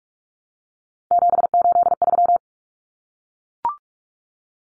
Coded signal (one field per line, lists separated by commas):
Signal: Morse code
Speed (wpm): 44 wpm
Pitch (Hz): 700 Hz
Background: none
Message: 783